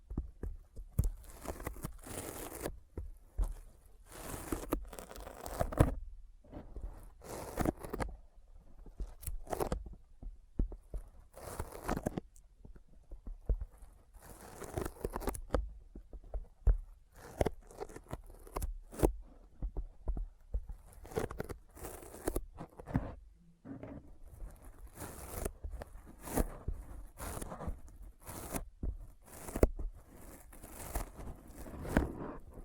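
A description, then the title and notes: Sticky finger sounds: dense, irregular bursts of crackly, tacky peeling and smacking, repeating rapidly throughout with brief quiet gaps between clusters. ASMR Intense Sticky Finger Sounds (No Talking).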